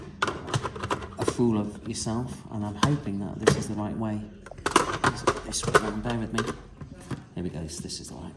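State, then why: Not seated. Someone talks while handling a plastic drum magazine, working out which way round it goes before fitting it onto the magazine well of a Tokyo Marui AA-12 airsoft automatic electric shotgun. Sharp plastic knocks and rattles come at about 0.2–0.8 s and again around 4.5–4.8 s. The drum has not yet seated or clicked home by the end of the clip.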